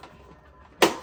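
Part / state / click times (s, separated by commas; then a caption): plastic canopy into toy shuttle / seated / 0.8 s. A plastic canopy that had fallen out is refitted onto a Hasbro Star Wars Imperial Shuttle toy (Saga Collection, 2008 Target exclusive), where it runs on a track. After a quiet lead-in, a loud, sharp broadband click at 0.8 s marks the canopy seating back in its track, followed by a brief fainter tap near the end.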